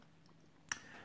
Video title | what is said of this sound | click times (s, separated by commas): Acura TSX Key Fob Battery Replacement (2004 - 2008) | you just put your your flathead screwdriver under the battery and you wiggle and it will pop right out | 0.7 s